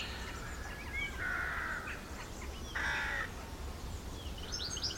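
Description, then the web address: Bird calls: two long, harsh, buzzy caws about a second and a half apart, with faint high chirps from other birds near the end. Countryside birds. "Tom Hutchings Birds Country"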